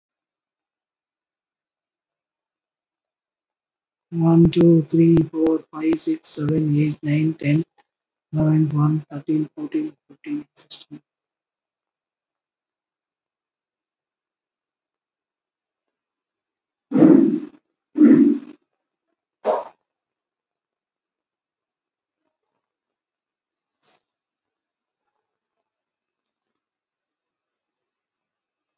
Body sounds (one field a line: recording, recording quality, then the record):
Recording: shallow breathing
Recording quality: poor, much background noise or distortion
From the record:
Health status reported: recovered from COVID-19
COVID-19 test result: positive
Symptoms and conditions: cough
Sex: male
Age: 49 years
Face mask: worn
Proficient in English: yes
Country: India